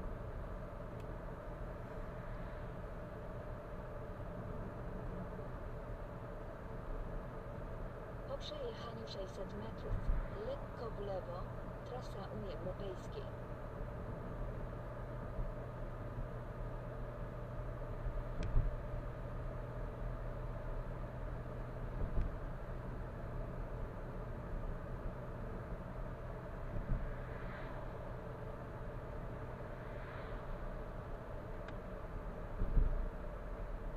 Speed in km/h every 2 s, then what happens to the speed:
57, 57, 57, 57, 57, 57, 57, 56, 56, 56, 57, 57, 57, 58, 58, 58, 58.
0-34 steady at about 57.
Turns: none.